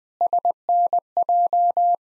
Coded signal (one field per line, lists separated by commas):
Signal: Morse code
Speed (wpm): 21 wpm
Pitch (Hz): 700 Hz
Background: none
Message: SNJ